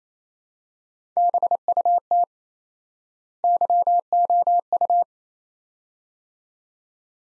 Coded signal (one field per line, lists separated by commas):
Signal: Morse code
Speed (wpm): 27 wpm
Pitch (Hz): 700 Hz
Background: none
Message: BUT YOU